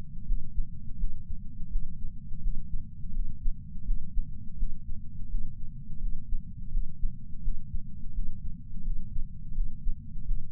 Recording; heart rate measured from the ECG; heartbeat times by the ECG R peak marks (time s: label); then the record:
heart sounds by patch sensor on the chest; 84 bpm
0.25 s: heartbeat
0.97 s: heartbeat
1.69 s: heartbeat
2.40 s: heartbeat
3.12 s: heartbeat
3.84 s: heartbeat
4.56 s: heartbeat
5.28 s: heartbeat
5.99 s: heartbeat
6.70 s: heartbeat
7.41 s: heartbeat
8.12 s: heartbeat
8.83 s: heartbeat
9.53 s: heartbeat
10.24 s: heartbeat
From the record:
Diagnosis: coronary artery disease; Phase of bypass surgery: postoperative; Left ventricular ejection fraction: 62.1%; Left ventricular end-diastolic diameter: 45 mm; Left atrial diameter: 35 mm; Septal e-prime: 9.8 cm/s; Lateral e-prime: 10.5 cm/s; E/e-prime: 7.1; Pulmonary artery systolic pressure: 25 mmHg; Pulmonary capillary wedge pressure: 8 mmHg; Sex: male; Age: 58 years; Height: 172 cm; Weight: 75 kg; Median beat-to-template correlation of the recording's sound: 0.93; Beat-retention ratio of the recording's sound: 0.99